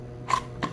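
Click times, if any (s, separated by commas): none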